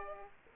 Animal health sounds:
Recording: mosquito wingbeat signal from an infrared sensor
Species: Aedes aegypti

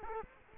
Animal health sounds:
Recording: mosquito wingbeat signal from an infrared sensor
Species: Culex quinquefasciatus

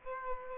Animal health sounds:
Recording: mosquito wingbeat signal from an infrared sensor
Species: Aedes aegypti

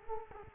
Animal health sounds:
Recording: mosquito wingbeat signal from an infrared sensor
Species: Culex quinquefasciatus

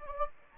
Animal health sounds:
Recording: mosquito wingbeat signal from an infrared sensor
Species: Anopheles gambiae

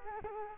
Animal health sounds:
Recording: mosquito wingbeat signal from an infrared sensor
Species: Culex quinquefasciatus

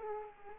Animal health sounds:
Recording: mosquito wingbeat signal from an infrared sensor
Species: Culex pipiens

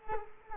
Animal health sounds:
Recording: mosquito wingbeat signal from an infrared sensor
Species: Culex quinquefasciatus

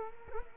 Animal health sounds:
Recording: mosquito wingbeat signal from an infrared sensor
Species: Culex quinquefasciatus

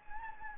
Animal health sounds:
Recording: mosquito wingbeat signal from an infrared sensor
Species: Anopheles gambiae

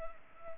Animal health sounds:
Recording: mosquito wingbeat signal from an infrared sensor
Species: Culex pipiens

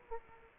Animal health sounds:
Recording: mosquito wingbeat signal from an infrared sensor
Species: Aedes aegypti

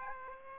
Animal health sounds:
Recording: mosquito wingbeat signal from an infrared sensor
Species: Aedes aegypti

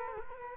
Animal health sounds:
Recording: mosquito wingbeat signal from an infrared sensor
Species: Culex quinquefasciatus

